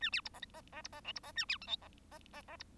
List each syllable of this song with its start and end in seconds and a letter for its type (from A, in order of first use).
0.00-0.10 A, 0.12-0.21 B, 0.25-0.29 C, 0.34-0.39 D, 0.53-0.61 D, 0.72-0.81 D, 0.84-0.88 C, 0.92-1.00 D, 1.04-1.12 E, 1.15-1.20 C, 1.23-1.32 D, 1.36-1.45 A, 1.48-1.58 B, 1.61-1.67 F, 1.67-1.76 G, 1.81-1.88 D, 2.11-2.19 D, 2.32-2.42 D, 2.48-2.56 D, 2.59-2.64 C